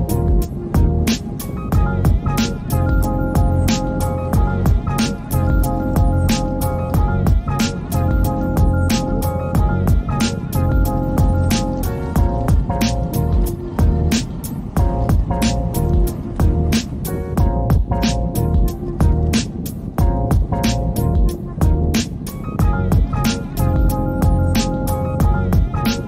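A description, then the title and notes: At the drawbridge, a steady low mechanical rumble runs under rapid, regular clanging strikes and a sustained whining tone, with faint traffic. South Ship Canal Trail in Seattle. The South Ship Canal Trail was an abandoned railroad grade. Featuring the Fremont Drawbridge.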